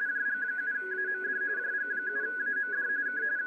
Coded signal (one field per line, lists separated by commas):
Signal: RTTY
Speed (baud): 45.45 baud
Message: JG7AMD JG7AMD K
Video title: 2021 CQ WW DX CONTEST, RTTY Operation - HL2WA (SEP25, 2021)